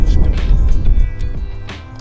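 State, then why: Not seated. A fuel line quick-connect fitting is pushed onto the fuel pump module nipple during a flex fuel kit install. Low, steady background rumble and handling noise are heard, with brief sharp sounds near 1.7 s and 2.0 s. Nothing has seated or clicked yet.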